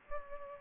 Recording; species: mosquito wingbeat signal from an infrared sensor; Aedes aegypti